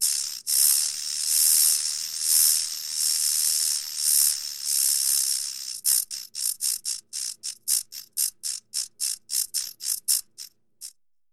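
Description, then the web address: Snake hissing: long breathy hisses at first, then a run of short, sharp hiss bursts that fade out at the end. "som de uma cobra venenosa"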